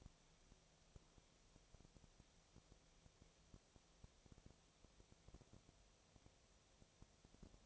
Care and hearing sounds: daily activity, microphone in the room; no activity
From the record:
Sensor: 1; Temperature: 19.8 degrees Celsius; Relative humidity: 37.9%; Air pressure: 998.8 hPa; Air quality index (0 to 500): 233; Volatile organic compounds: 134 ppm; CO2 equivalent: 3946 ppm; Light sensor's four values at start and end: 1/2/1/1 and 1/2/1/1

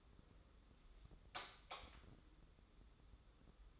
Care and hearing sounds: daily activity, microphone in the room; light off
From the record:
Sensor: 3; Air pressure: 995.3 hPa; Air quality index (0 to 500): 85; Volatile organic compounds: 8 ppm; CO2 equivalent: 2048 ppm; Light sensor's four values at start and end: 12/30/12/12 and 9/21/9/8

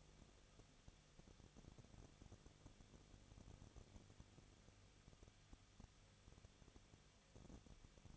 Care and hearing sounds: daily activity, microphone in the room; no activity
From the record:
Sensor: 4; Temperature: 23.1 degrees Celsius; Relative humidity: 34.0%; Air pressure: 1007.1 hPa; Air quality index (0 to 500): 216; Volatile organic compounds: 15 ppm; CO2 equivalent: 2501 ppm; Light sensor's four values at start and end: 2/3/1/1 and 2/3/1/1

